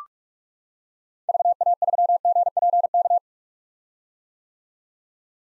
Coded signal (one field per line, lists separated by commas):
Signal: Morse code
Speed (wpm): 46 wpm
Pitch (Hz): 700 Hz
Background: none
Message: VA3GPK